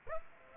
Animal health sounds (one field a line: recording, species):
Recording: mosquito wingbeat signal from an infrared sensor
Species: Aedes aegypti